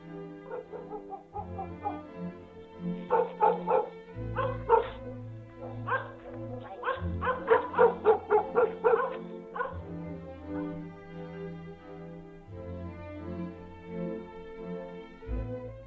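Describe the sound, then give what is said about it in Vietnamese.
Many village dogs bark loudly and persistently at night, their sharp, overlapping barks and yelps coming in uneven clusters, thickest in the middle, over a steady low hum. “Đêm hôm ấy, dường như ở trong làng này nó có cái gì mà chó cả làng cứ cắn lên ông ổng, rát cả tai, buốt cả ruột.”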